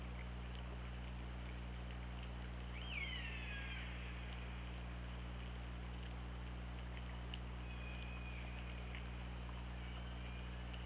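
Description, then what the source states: Killer whale calls, one clear descending harmonic call at about three seconds, then a long flat whistled tone, set against steady hiss and a persistent low hum. Recorded on the OrcaLab hydrophone, 24 August 2017 at 20:58.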